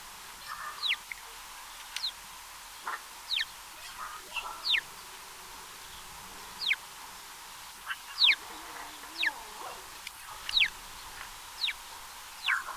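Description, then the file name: House sparrow chirps: short, sharp, down-slurred notes repeated at somewhat irregular intervals, with steady faint background hiss. "Passer domesticus"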